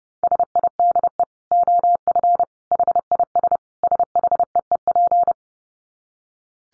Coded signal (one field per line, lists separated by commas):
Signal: Morse code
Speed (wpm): 30 wpm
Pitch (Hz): 700 Hz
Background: none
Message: SIDE OF HIS SHEEP